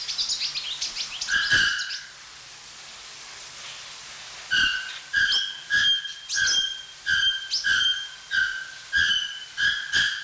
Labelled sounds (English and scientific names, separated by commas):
Bare-throated Bellbird (Procnias nudicollis)